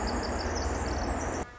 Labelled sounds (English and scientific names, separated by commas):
Pacific Wren (Troglodytes pacificus)